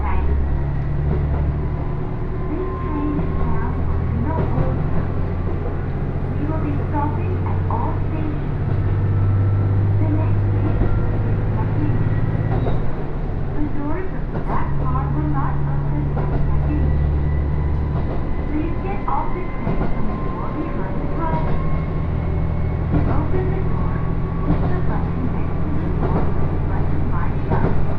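A local train on the Takayama Main Line runs from Jōro toward Shimo-Aburai, its low engine drone steady throughout, swelling and easing around 9, 13 and 17 seconds. Faint rattles and clicks are scattered across the ride, with a brief sharper knock near 14 seconds and soft voices mixed in.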